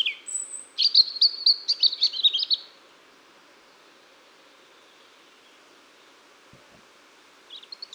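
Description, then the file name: European robin song: a high thin whistle, then a tumbling, tinkling phrase of sweet notes lasting about two seconds, followed by a long quiet gap and a few faint high notes at the end. "Erithacus rubecula"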